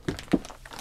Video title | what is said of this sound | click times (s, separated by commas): Günstige Wohnmobile 2024❗️PREIS - LEISTUNGS - SIEGER❗️DIESEL HEIZUNG Laika Ecovip L 3019 | oh there's a kick then this clicks into place and if you | 0.1 s, 0.3 s